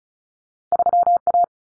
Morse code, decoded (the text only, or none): 3A